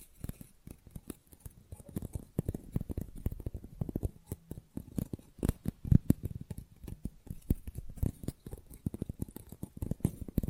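Fast, rough nail filing with tapping, a dense run of short scraping strokes and clicks repeating several times per second for the whole ten seconds. Most strokes are low and thick, with occasional sharper, brighter taps standing out, especially around the middle.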